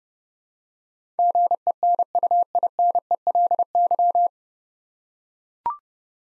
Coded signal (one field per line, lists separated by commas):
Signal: Morse code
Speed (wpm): 30 wpm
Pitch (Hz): 700 Hz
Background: none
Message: GENUINELY